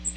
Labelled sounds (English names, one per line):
Magnolia Warbler flight call